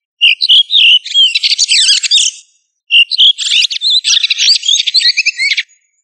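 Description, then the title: Thrush song in two long bursts of quick, intricate warbles and whistles. "Familia Turdidae - Sabia"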